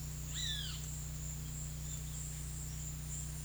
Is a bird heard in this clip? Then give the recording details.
yes. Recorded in pastures near Puerto Asís, Putumayo, Colombia, on 19 March 2025 at 14:00. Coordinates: 0.505, -76.324. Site GP08